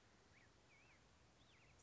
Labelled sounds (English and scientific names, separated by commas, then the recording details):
Black-headed Grosbeak (Pheucticus melanocephalus)
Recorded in Sonoma County, California